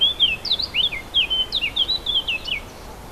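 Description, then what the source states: Warbler song in a brisk burst of many slurred, swooping notes, bright and chattering, ending abruptly; faint background hiss. Recorded 4 May 2011 on an MZ-N710 recorder.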